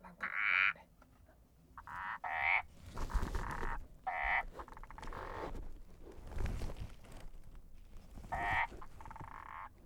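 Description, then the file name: Indian balloon frog giving several short nasal croaks at irregular intervals, partly masked by broad rumbling noise through the middle. "Uperodon palmatus"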